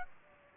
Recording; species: mosquito wingbeat signal from an infrared sensor; Aedes aegypti